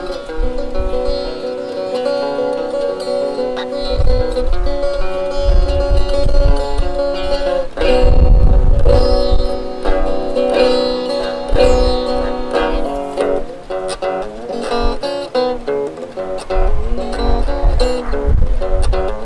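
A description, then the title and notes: A guitar is played, ringing chords sustained over a steady middle register. Heavier strummed bursts with a deep low end land around four, eight and eleven seconds, and the playing turns busier, with quicker plucked notes, after thirteen seconds. Guitar on the Yuba River. Recorded at the Yuba river near Nevada, City, CA. Recorded with Zoom H4N, enhanced stereo.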